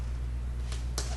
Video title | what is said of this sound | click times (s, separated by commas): Classic VW BuGs Stainless Steel Beetle '67+ Molding Chrome & Clip Removal Installation | Line up the clips, and you'll start to just snap them on. You'll hear the snap. | 1.0 s